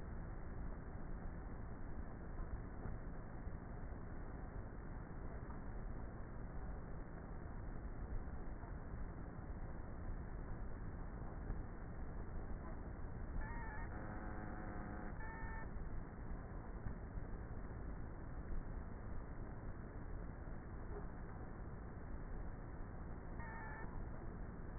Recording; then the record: honeybee colony, microphone inside the hive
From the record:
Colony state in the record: queenless with a low population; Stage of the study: before two queens were removed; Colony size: about 30,000 bees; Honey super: no